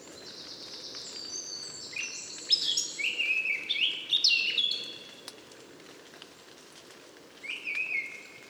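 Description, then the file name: Eurasian blackcap song: quiet scratchy warbling building into a brief burst of loud whistled notes, then a short final phrase, over steady background hiss. "Sylvia atricapilla"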